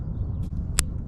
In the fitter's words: there we go so it is a very very positive click there so it's not gonna you know just